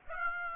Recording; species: mosquito wingbeat signal from an infrared sensor; Aedes aegypti